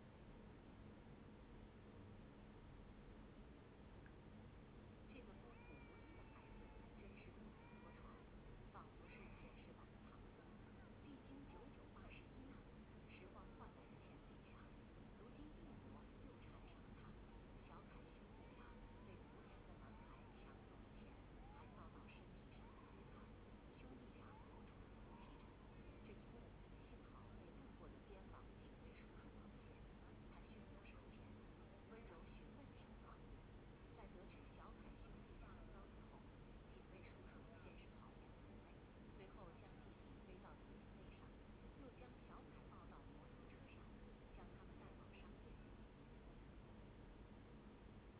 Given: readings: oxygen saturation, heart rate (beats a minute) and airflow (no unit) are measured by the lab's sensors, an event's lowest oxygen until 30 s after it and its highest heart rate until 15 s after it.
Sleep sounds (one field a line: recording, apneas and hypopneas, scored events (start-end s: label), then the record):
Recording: a person awake in a sleep study, by a voice recorder at the bedside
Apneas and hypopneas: none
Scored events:
0.00-48.20 s: awake
From the record:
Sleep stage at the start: awake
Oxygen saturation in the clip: 94 to 96%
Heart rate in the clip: 72 to 78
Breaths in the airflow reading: 13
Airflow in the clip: -6.4 to 5.9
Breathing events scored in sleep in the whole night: 131 in 7.2 hours asleep